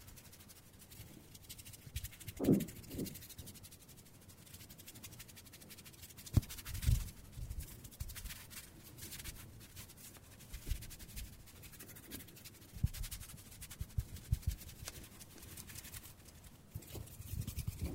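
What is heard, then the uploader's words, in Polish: Hand sounds for ASMR: continuous dry rustling and crackling, like skin rubbing, with dense fine clicks throughout. Soft low thumps and swells break in around 2.5, 7, 13 and 17 seconds, and the activity grows busier toward the end. ASMR DŹWIĘKI DŁONI 40 MINUT! 50+ DŹWIĘKÓW.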